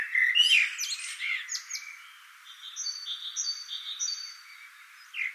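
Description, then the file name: Common blackbird opening with a loud squeaky warble, followed by a steady run of repeated high whistled notes from another bird, and a brief warble again at the end. "Turdus merula"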